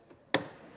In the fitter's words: until it clicks into place.